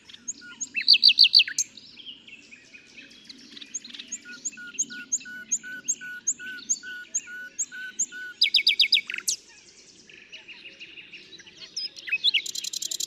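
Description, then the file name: Common nightingale song: a quick trilled phrase, then evenly spaced soft whistled notes, a rich burst of repeated notes and a closing high rapid trill, low hum beneath. "Luscinia megarhynchos"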